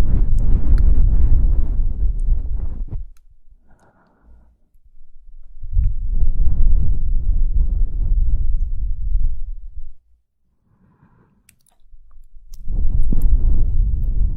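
Soft blowing into the ear comes in three long, rushing breaths, each lasting a few seconds and heaviest in the low, muffled range. Between them are near-silent pauses with faint, brief mouth sounds around four and eleven seconds.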